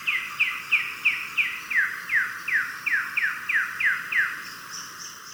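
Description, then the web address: Olive tanager song: a steady series of sharp down-slurred whistles at about three per second, then fainter thin high notes near the end. Recorded in Ecuador. "Birds of Ecuador. Olive Tanager"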